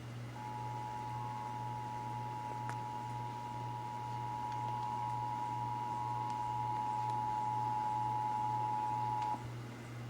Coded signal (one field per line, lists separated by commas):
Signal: Emergency Alert System (SAME) tones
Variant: 853 and 960 Hz attention tone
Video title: (EAS #489-497) July 2023 Texas Required Monthly Test